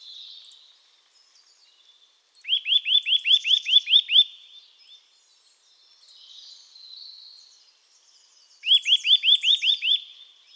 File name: Sitta europaea